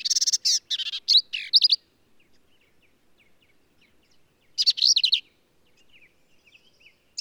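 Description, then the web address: Black-capped vireo song: dense bursts of harsh buzzes and sharp slurred notes, with faint soft chips during the pause between phrases. "birdsongforthecurious Black-capped Vireo"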